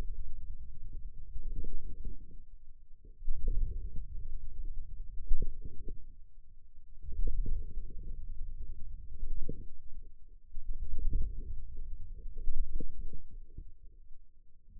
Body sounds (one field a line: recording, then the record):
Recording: forearm muscle sounds (acoustic myography)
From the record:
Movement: radial deviation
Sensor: system 2, bracelet of six BSWA MPA416 microphones around the upper forearm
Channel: 2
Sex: male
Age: 22 years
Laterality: right